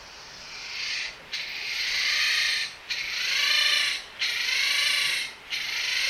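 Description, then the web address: Japanese giant flying squirrel calling in harsh, grating rasps, several long bursts separated by brief pauses. Recorded during a survey in Osaka, Japan, on 15 March 2016 at 05:33. "katsudo osaka chosa koe 20160315 053349 FSmusasabi"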